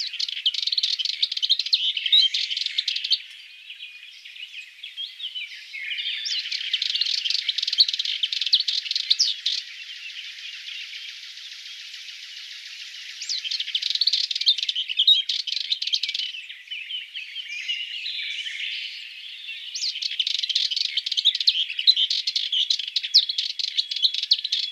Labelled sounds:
Sardinian Warbler song
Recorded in the wild
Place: St. Laurent des Arbres und Umgebung/Combine, FR
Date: 2008-05-13
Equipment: MiniDisc Sharp MT 20 H
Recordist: Schwarz, Dieter
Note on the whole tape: Song

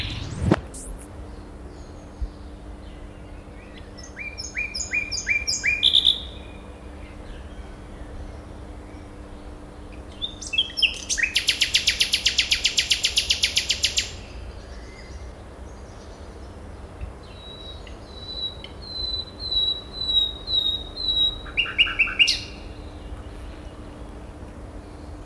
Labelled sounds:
Common Nightingale song
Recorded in the wild
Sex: male
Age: adult
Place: Malchower Aue, Berlin, DE
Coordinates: 52.5808, 13.4886
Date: 1990-05-01 19:45
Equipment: Riporter 6 RG-K, Halbspur, Sennheiser MKH 416 T
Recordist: Frommolt, Karl-Heinz

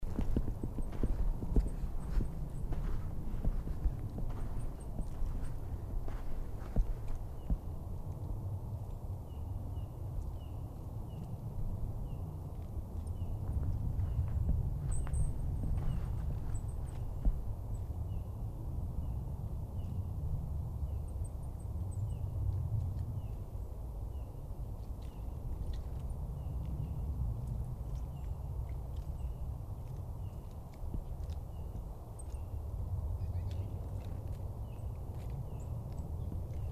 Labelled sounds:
Goldcrest call
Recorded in the wild
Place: Schönow, Naturpark Barnim, Brandenburg, DE
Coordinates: 52.6981, 13.5033
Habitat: coniferous forest
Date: 2013-01-13 14:50
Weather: clear, almost windless, -2°C
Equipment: Sound Devices 702, Sennheiser MKH 70, Rycote Windschutz
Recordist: Frommolt, Karl-Heinz

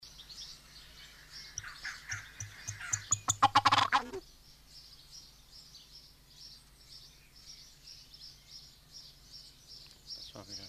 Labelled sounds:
Ocellated Turkey call
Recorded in captivity
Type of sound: call sequence
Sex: male
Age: adult
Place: Zoo Berlin, Berlin, DE
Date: 1991-06-03 10:00
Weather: cloudy, 12-15 °C
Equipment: Marantz, Sennheiser ME 80, Kopie Tesla B 116
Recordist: Tembrock, Günter
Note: Lautfolge von Männchen

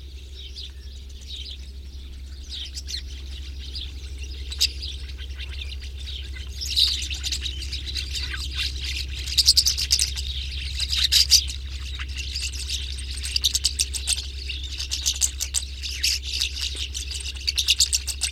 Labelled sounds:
Rosy Starling song
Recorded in the wild
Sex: male
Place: Kavarna, Varna, BG
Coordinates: 42.825, 28.181
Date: 1974-06-06
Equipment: Nagra III BH, Sennheiser MD 21, parabola
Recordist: Schubert, Michael

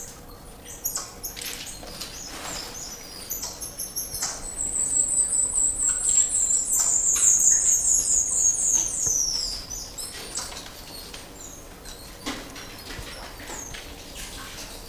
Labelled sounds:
Brown-mantled Tamarin
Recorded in captivity
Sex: group
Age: adult
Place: Zoo Halle, Sachsen-Anhalt, DE
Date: 2001-04-09 15:51
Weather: heiter, ca. 15°C
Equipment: Nagra SN, Kopie Uher 4000 Report Monitor
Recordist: Tembrock, Günter
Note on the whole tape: Gruppe in neuer Anlage: diverse Laute

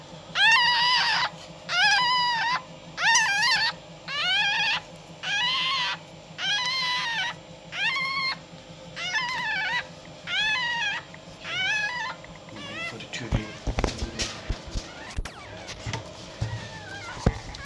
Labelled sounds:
Red Fox
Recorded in captivity
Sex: female
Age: juvenile
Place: Zoologisches Institut der HUB, Berlin, DE
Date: 1956-04-23
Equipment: Elmetra
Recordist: Tembrock, Günter

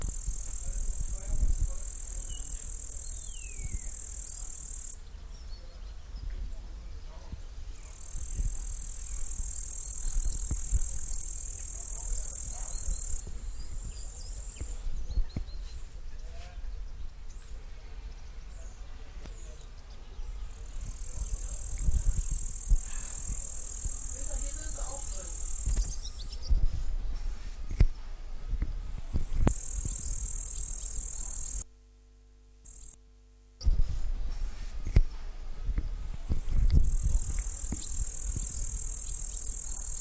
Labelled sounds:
Upland Green Bush-cricket stridulation
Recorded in the wild
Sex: male
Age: imago
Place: Lehde, Spreewald, Brandenburg, DE
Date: 1997-09-02 15:42
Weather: fair, ca. 24°C
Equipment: Sony MD-WM MZ-R3, Sennheiser ME 80, K 30 AV, Kopie Uher 4000 Report Monitor
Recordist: Tembrock, Günter
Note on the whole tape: Stridulation

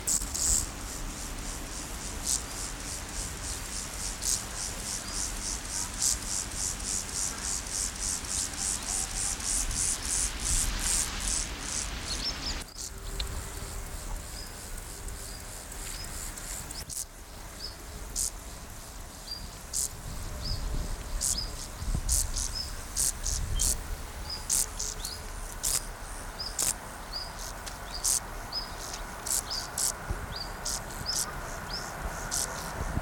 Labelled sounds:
Field Grasshopper stridulation
Meadow Grasshopper
Heath Grasshopper
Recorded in the wild
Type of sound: stridulation
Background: Chorthippus parallelus, Chorthippus vagans
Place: Blankenfelde, Tegeler Fließ, Berlin, DE
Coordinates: 52.625, 13.404
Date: 1992-08-16 11:30
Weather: sonnig - wolkig, 17-22°C
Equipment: Marantz CP 430, Sennheiser ME 80, Kopie Tesla B 116
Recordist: Tembrock, Günter
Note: Arkenberge, Fließtalwiesen; z.T. Respondieren zwischen Ch. apricarius

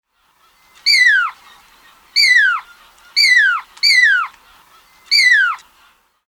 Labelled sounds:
Pearl-spotted Owlet
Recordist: Tembrock, Günter
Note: Langlaute eines Weibchens

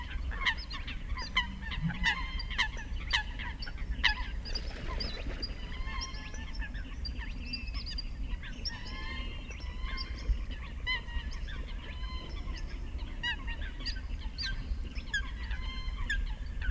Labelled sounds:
Eurasian Coot call
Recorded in the wild
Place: Kützerhof, Kummerower See, Mecklenburg-Vorpommern, DE
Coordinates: 53.8506, 12.8625
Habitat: wetland
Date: 2009-05-07 22:14
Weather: bedeckt, windstill, ca. 10°C
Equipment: Sound Devices 702, Sennheiser MKH 70, Rycote Windschutz
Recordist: Frommolt, Karl-Heinz

